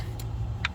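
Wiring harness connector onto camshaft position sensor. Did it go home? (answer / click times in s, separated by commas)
yes / 0.6 s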